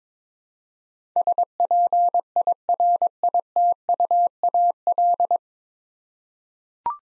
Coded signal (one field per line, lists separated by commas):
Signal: Morse code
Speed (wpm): 21 wpm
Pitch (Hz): 700 Hz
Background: none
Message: SPIRITUAL